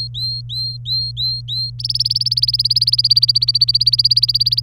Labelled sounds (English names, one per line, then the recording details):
Domestic Canary song
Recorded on 26 April 2018 at 14:42
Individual llb3